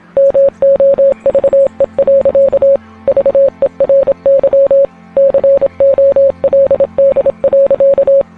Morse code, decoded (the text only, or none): MOVE. VERY COLD.